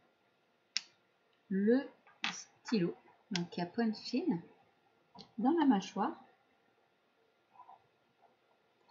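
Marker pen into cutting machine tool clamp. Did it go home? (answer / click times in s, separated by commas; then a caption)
no / none. A fine-point pen is pushed into the tool clamp of a Cricut Joy Xtra cutting machine in place of the blade while someone talks. The clamp normally has a small clip that clicks, but this time nothing has clicked or seated.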